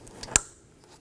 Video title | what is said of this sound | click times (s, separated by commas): How to Replace Engine Cooling Fan Assembly 2018-2024 Chevrolet Equinox 1.5L L4 | it over in place. Make sure you hear that click. | 0.4 s